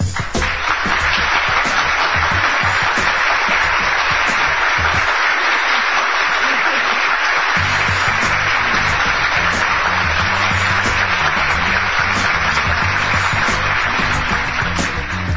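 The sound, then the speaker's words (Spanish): Steady, dense applause from a crowd, many hands clapping at once in a loud, continuous wash that holds at an even level for the full stretch without any talking. “Un aplauso, che.”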